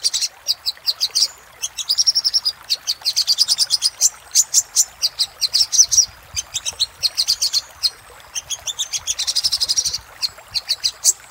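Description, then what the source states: Little spiderhunter song: irregular bursts of high, clicking chips, building into dense trills, then thinning into spaced single notes. Masteran (tutor) recording of sogok ontong song, used to train cage birds; labelled Labaik.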